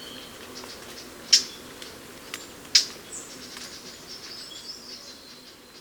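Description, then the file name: Eurasian blackcap hard, clicking tack calls: two sharp notes about a second and a half apart. "Sylvia atricapilla"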